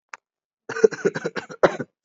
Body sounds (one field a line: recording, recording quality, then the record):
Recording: heavy voluntary cough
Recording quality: excellent, no background noise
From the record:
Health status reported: COVID-19 positive, mild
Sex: female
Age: 24 years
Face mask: not worn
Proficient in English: yes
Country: India